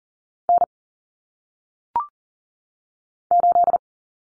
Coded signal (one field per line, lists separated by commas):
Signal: Morse code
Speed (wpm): 39 wpm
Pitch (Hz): 700 Hz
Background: none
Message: N 8